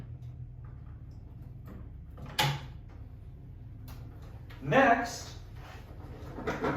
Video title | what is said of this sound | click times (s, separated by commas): How Softwave Works and It’s Use! | until it makes a click | 2.4 s